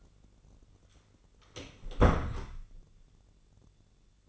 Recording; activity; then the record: daily activity, microphone in the room; close door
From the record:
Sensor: 4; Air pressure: 1010.0 hPa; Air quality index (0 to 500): 191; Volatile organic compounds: 3 ppm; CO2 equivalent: 1375 ppm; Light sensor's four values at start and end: 32/78/32/34 and 35/84/34/36